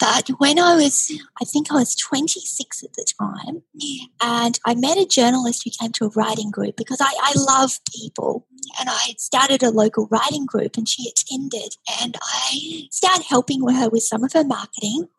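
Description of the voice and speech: Fluent conversational speech from an adult woman with a slightly breathy, airy voice caused by a paralyzed vocal cord that remains after a tracheostomy tube stayed in her throat for 11 years; she is a survivor of childhood family violence.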